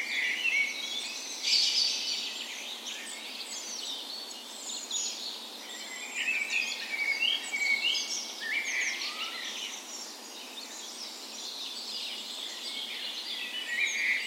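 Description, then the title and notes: Birds singing in chorus, continuous high twittering with several loud warbled phrases. Dawn chorus in a park west in Bergen, Norway, on the morning of 17 May, Norway's National Day, in spring; recorded on a Sony PCM A10 with LOM micro Usi mics used as tree ears. "17th Of May Dawn Chorus. Recorded on the morning of Norways National Day the 17th of May in a park west in Bergen. Spring is in full effect, and the dawn chorus sounds wonderful!"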